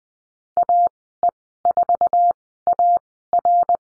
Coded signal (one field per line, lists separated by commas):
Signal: Morse code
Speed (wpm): 20 wpm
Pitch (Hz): 700 Hz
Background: none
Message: AE4AR